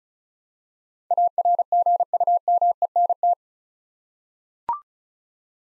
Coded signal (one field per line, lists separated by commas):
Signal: Morse code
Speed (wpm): 34 wpm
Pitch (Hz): 700 Hz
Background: none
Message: ARGUMENT